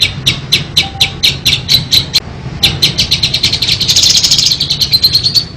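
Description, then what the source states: Lovebird giving regular high chirps about four per second, pausing briefly, then building into a denser, louder chatter, over a low background rumble. Masteran (tutor audio) for training other birds to sing.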